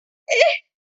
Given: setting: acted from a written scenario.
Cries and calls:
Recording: vocal sound without words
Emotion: pain

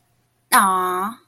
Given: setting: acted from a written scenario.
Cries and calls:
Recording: vocal sound without words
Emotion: adoration

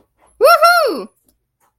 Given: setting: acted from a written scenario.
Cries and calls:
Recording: vocal sound without words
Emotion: triumph

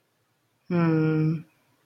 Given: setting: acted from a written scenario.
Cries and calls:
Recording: vocal sound without words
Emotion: serenity

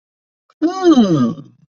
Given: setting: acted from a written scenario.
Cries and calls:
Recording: vocal sound without words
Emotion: interest

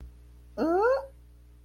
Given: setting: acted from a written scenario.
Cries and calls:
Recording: vocal sound without words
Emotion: negative surprise

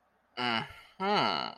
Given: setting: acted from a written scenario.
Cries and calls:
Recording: vocal sound without words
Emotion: desire

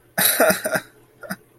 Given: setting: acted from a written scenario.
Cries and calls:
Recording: vocal sound without words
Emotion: sadness

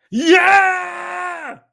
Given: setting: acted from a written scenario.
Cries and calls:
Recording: vocal sound without words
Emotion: triumph

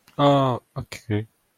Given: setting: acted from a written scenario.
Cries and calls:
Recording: vocal sound without words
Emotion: neutral

